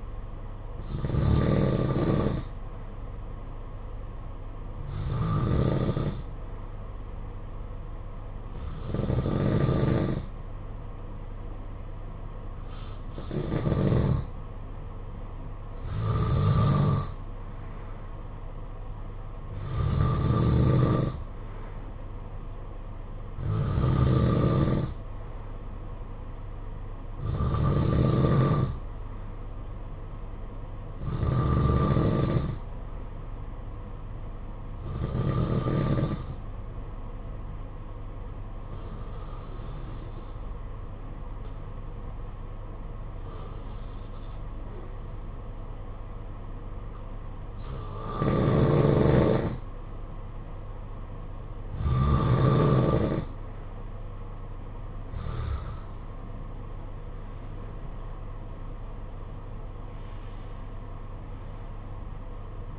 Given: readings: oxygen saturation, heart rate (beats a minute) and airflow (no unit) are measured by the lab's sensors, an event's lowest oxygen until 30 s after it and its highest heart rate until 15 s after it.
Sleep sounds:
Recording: breathing in sleep by a smartphone at the bedside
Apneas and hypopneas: 1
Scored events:
29.00-62.79 s: new sleep stage, N1 (lightest sleep)
34.00-50.90 s: hypopnea (N1, oxygen 94% highest, then 89% lowest, heart rate 54 at the start, 80 highest)
From the record:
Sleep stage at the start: N2 (light sleep)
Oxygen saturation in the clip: 91 to 94%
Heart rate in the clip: 49 to 74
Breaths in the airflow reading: 16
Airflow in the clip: -11.7 to 14.7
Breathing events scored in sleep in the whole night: 476 in 9.7 hours asleep

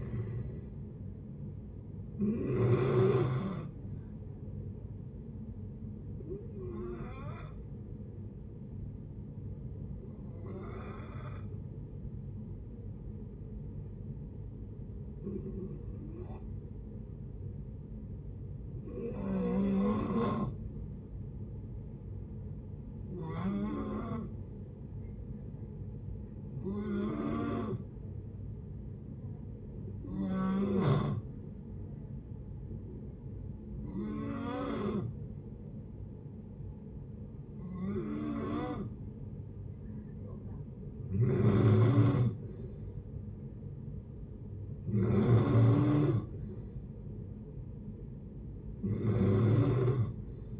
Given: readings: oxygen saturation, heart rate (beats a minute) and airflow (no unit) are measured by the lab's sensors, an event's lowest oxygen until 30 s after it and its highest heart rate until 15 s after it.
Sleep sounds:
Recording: breathing in sleep by a smartphone at the bedside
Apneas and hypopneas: 1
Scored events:
3.00-20.10 s: hypopnea (N2, oxygen 95% highest, then 90% lowest)
From the record:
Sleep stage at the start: N2 (light sleep)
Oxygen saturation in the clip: 89 to 95%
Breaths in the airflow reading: 13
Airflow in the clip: -5.6 to 5.3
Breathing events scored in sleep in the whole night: 496 in 5.4 hours asleep

